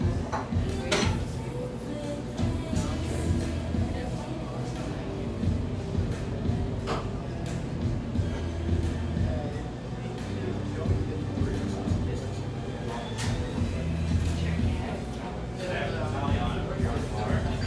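A busy café with a steady, dense murmur of overlapping conversation that never drops away. Low rumbling hum sits underneath throughout, and short bright clinks and clatters of dishes cut through at scattered moments, around one, seven and thirteen seconds.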